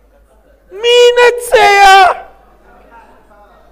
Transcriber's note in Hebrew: תשובות עולות בקהל